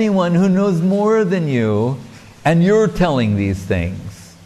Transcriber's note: none